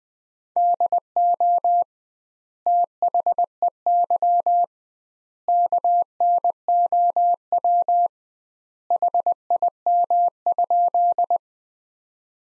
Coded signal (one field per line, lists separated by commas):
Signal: Morse code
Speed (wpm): 21 wpm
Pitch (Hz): 700 Hz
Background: none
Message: DO THEY KNOW HIM?